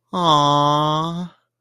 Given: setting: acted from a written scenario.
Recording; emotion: vocal sound without words; adoration